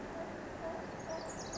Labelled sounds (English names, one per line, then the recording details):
Pacific Wren
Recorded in Sonoma County, California